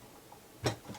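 A plastic gun accessory is pushed onto the wing of a Star Wars Power of the Force X-Wing Fighter toy, making a small, sharp tick at 0.7 s, followed by a fainter tick just after. The gun is only partly clipped on and not yet fully home.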